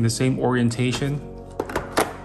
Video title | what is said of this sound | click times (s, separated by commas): ZOOZEE Z70 ROBOT VACUUM & MOP REVIEW - UNBOXING - COMPLETE GUIDE | just drop it down over here make sure you hear the click and you are good to go | 2.0 s